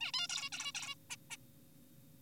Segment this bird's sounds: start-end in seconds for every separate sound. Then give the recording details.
0.01-0.12, 0.14-0.27, 0.29-0.49, 0.53-0.72, 0.75-0.95, 1.10-1.16, 1.31-1.37. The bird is an adult. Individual g4p5U